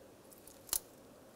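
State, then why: Seated. On a 2005-2010 Dodge Dakota, the fuel supply line's quick-connect fitting is pushed onto the metal engine fuel rail. A faint tick at 0.5 s is followed by a sharp, bright click at 0.7 s. The fitting is seated, and a tug confirms that it holds on the rail.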